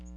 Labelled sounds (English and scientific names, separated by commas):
Magnolia Warbler (Setophaga magnolia) flight call